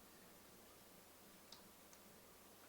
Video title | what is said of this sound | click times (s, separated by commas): Galaxy Note 2 Disassembly & Assembly - Drop Test Repair | and that's snapped on | 1.5 s